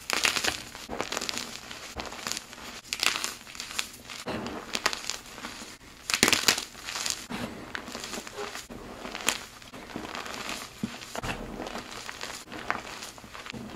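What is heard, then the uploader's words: Crushing and crinkling noises fill the clip, a dense run of dry crackles and crunches. Louder bursts stand out around two, four and a half, six and a half, and nine seconds, over a low hum. Compilation of new crushes.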